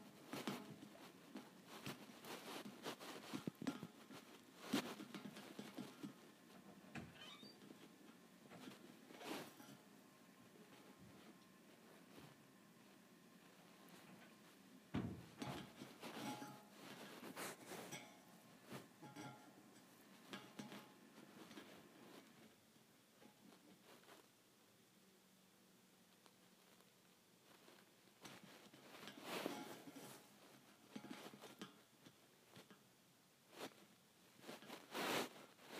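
Thin metal bars tapped in irregular bursts of sharp clicks and ringing knocks, busiest early and near thirty seconds, with a quieter patch around twenty-five.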